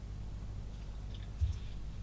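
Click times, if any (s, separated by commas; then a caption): none. A plastic part of a 1/16 scale TAKOM US Jeep model kit (kit No. 1016) is being handled and pressed toward its mating part on the jeep assembly. Only a steady low rumble is heard, with faint soft handling sounds and a dull low bump around 1.4 s. Nothing has seated or clicked yet.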